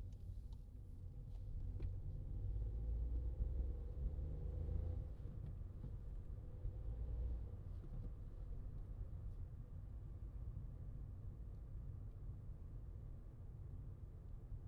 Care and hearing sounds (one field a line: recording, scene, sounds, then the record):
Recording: everyday scene through a hearing-aid microphone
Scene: in a vehicle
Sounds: engine, traffic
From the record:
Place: Skoda Fabia, gasoline engine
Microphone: in the ear canal, left